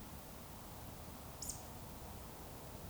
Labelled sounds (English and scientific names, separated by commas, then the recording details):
Eurasian Woodcock (Scolopax rusticola) whistle
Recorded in Baden-Württemberg, Germany, on 19 May 2020 at 20:03 UTC
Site 31917, 145 m above sea level